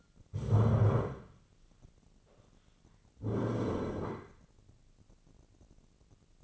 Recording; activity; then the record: daily activity, microphone in the room; stand up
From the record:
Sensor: 4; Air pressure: 1010.0 hPa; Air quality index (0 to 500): 198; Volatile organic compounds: 3 ppm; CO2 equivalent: 1414 ppm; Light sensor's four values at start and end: 38/92/38/41 and 37/92/38/41